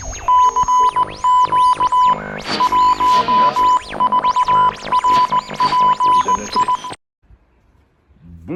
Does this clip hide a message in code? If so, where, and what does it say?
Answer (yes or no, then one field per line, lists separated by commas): yes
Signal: Morse code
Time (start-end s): 0.3-6.8 s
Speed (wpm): 18 wpm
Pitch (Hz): 1000 Hz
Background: music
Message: CQ 14RPI